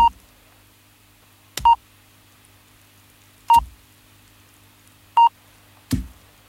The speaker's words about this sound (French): Vous venez d'entendre l'horloge parlante de l'Observatoire de Paris, et qui vous a indiqué l'heure légale française, en avance d'une heure, nous vous le rappelons, sur l'heure GMT.